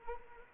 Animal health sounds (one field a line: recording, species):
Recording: mosquito wingbeat signal from an infrared sensor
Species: Anopheles arabiensis